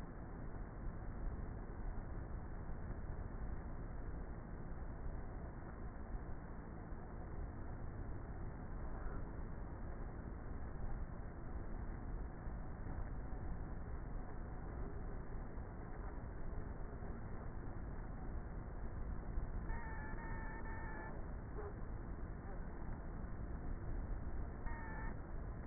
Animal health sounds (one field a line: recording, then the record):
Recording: honeybee colony, microphone inside the hive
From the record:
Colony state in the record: queenless with a low population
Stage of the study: before two queens were removed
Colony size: about 30,000 bees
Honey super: no